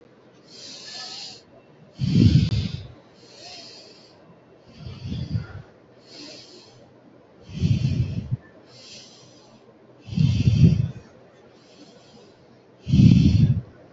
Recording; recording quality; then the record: deep breathing; excellent, no background noise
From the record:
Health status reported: healthy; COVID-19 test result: not tested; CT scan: not taken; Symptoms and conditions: none ticked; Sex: female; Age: 24 years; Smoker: no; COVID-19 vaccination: both doses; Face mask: worn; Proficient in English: yes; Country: India